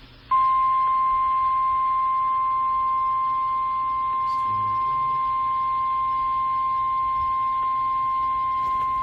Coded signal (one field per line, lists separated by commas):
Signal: Emergency Alert System (SAME) tones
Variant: 1050 Hz attention tone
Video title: Eas Illinois tornado drill Eas#526